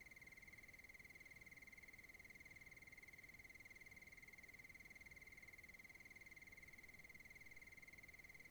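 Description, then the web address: A cricket trills without pause, a fast and even pulsing on a single high pitch, continuous from start to finish over a low hiss. Wilderness, Oregon. "Discover Oregon - Wilderness Crickets Crickets Sutton Cricket"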